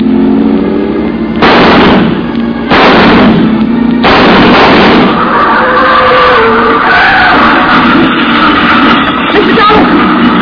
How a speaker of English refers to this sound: And from not too far away, toward the front of the house, I heard a car start. I ran out to the drive and spotted the car pulling away about 50 yards from the house.